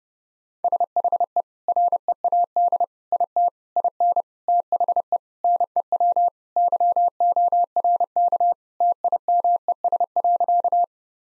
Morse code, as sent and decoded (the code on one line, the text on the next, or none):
... .... . / .-. . .- -.. / .. - / .. -. / - .... . / -. . .-- / -.-- --- .-. -.- / - .. -- . ... .-.-.-
SHE READ IT IN THE NEW YORK TIMES.